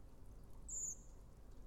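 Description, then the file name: Common blackbird thin high call: one drawn-out, very high-pitched hissing 'tseee' note lasting about a third of a second over a low background rumble. "Turdus merula"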